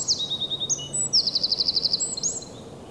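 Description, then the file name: Eurasian wren song, sharp high notes leading into a rapid even trill of repeated slurred elements, then a final whistled flourish. "Troglodytes troglodytes"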